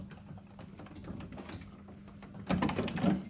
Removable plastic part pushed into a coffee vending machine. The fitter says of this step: så trykker man den ind indtil den klikker Sådan der så sidder den også på plads